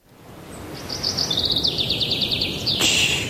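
Birds sing at the Józef Chełmoński exhibition in the National Museum in Warsaw, in quick, high-pitched chirping trills that rise and repeat in rapid bursts over a steady low rumble, with a sharp brighter note near the end. No one speaks.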